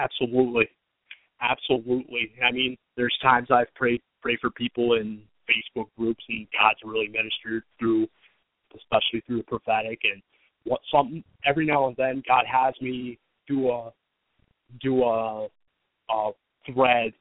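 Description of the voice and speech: Fluent adult male speech broken by a repeated word, then repeated 'duh' sounds and long pauses before 'thread': stuttering.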